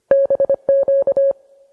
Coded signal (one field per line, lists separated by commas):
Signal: Morse code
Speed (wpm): 25 wpm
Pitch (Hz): 550 Hz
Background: music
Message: BQ